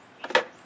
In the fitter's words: Yay. I heard that snap.